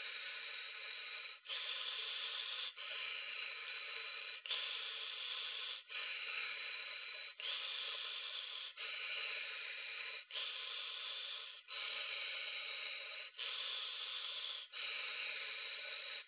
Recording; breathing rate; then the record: paced breathing near a phone; 20 breaths a minute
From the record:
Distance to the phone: 20 cm